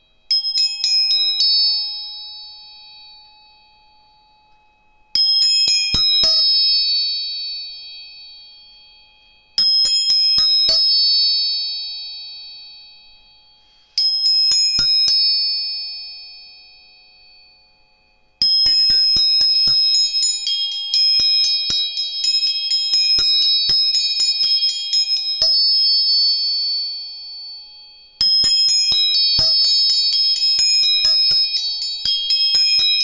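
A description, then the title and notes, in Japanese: Tuning forks are struck about every five seconds, each bright ringing tone fading slowly, with a rapid flurry of taps midway through. 音叉チューニング全体性。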